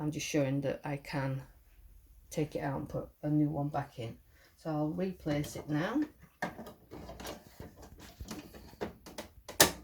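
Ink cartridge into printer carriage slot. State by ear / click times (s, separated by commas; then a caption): seated / 9.6 s. A full ink cartridge is taken out of a printer's carriage and pushed back into its slot, only to show it can be removed and replaced, since it is full. Someone talks, then soft plastic handling sounds lead to a sharp plastic click at 9.6 s as the cartridge seats in place.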